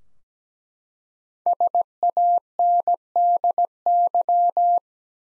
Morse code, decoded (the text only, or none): SANDY